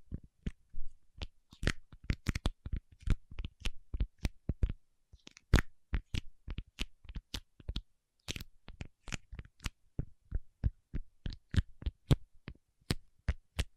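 Paraffin wax is tapped and peeled in a quick, irregular run of sharp clicks and crackles, some landing in tight clusters of two or three. The hits are crisp and bright, with short scratchy rustles between them, and the pace stays busy throughout.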